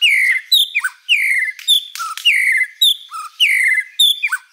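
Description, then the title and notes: White-rumped shama song: loud downslurred whistles alternating with higher, shorter notes, the pattern repeating about once a second. Long-duration lure song used to attract birds. "Pikat Murai Batu Durasi Panjang. Burung Murai Batu"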